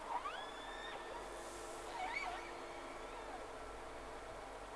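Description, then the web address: Whale calls: a long harmonic whistle holding level then dropping, followed by a shorter wavering squeal, over constant engine-like hum and background hiss. Two whales recorded on 3 October 2006 at 11:30, round 1. "Sea Snake 10-3-06 Whales X 2 11-30 Round 1"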